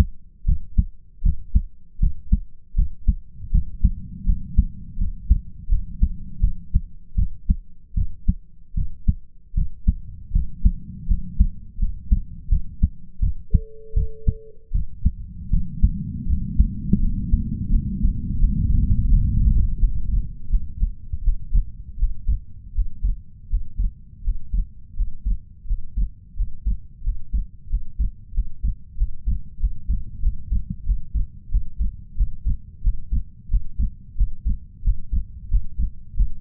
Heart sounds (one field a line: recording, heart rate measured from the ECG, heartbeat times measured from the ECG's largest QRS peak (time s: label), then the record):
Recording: heart sounds by stethoscope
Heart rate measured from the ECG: 84 bpm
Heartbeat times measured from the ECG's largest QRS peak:
0.46 s: heartbeat
1.23 s: heartbeat
2.00 s: heartbeat
2.75 s: heartbeat
3.51 s: heartbeat
4.26 s: heartbeat
4.98 s: heartbeat
5.69 s: heartbeat
6.41 s: heartbeat
7.16 s: heartbeat
7.95 s: heartbeat
8.75 s: heartbeat
9.55 s: heartbeat
10.32 s: heartbeat
11.07 s: heartbeat
11.79 s: heartbeat
12.49 s: heartbeat
13.20 s: heartbeat
13.94 s: heartbeat
14.72 s: heartbeat
15.50 s: heartbeat
16.26 s: heartbeat
16.99 s: heartbeat
17.70 s: heartbeat
18.39 s: heartbeat
19.09 s: heartbeat
19.79 s: heartbeat
20.49 s: heartbeat
21.23 s: heartbeat
21.98 s: heartbeat
22.74 s: heartbeat
23.49 s: heartbeat
24.23 s: heartbeat
24.95 s: heartbeat
25.66 s: heartbeat
26.35 s: heartbeat
27.03 s: heartbeat
27.68 s: heartbeat
28.33 s: heartbeat
28.96 s: heartbeat
29.59 s: heartbeat
30.21 s: heartbeat
30.85 s: heartbeat
31.50 s: heartbeat
32.16 s: heartbeat
32.83 s: heartbeat
33.50 s: heartbeat
34.17 s: heartbeat
34.83 s: heartbeat
35.50 s: heartbeat
36.16 s: heartbeat
From the record:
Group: healthy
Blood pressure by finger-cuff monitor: 116/69 mmHg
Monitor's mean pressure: 84 mmHg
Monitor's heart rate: 81 bpm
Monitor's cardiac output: 7.7 L/min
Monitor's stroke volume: 95 mL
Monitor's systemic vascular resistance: 800 dyn s/cm5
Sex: male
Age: 33 years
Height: 179 cm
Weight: 80.4 kg